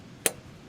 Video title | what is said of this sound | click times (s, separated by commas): How to Replace the Spark Plugs in Your Generac Generator. | There's the click. | 0.3 s